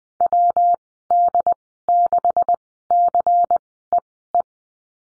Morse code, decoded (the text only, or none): WD6CEE